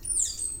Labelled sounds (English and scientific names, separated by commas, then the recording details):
Stitchbird (Notiomystis cincta) song
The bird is a male
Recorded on Tiritiri Matangi Island, New Zealand, in 2005
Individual 11, of nest box 13